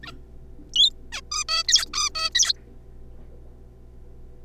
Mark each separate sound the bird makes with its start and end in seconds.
0.03-0.11, 0.73-0.90, 1.12-1.21, 1.31-1.44, 1.49-1.63, 1.68-1.85, 1.94-2.09, 2.15-2.30, 2.35-2.53